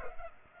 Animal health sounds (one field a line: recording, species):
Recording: mosquito wingbeat signal from an infrared sensor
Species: Culex pipiens